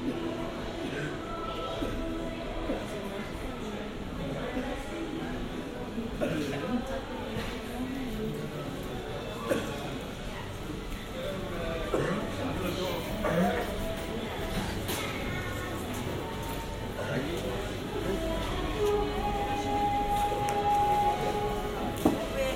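Swansea Market fills with a steady, dense murmur of many overlapping voices, no single speaker standing out. Scattered knocks and clinks break through every few seconds, and near the end a brief high whistle-like tone sounds above the chatter.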